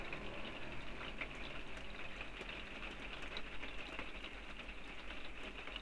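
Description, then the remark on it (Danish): Steady rain falls without a break, a soft even hiss with scattered small ticks and patters of drops hitting a surface. No voices, just the constant wash of rainfall throughout. “Det er som om regnen bare giver mulighed for at holde en pause.”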